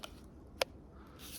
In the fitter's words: you know if you're doing Camp tasks and things like that and you're bent over it's not going to fall out you can hear it click in